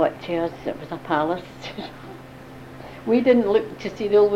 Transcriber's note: laughs